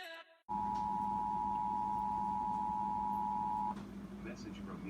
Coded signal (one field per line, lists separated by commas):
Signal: Emergency Alert System (SAME) tones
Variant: 853 and 960 Hz attention tone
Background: speech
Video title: TV Fire Warning | EAS #146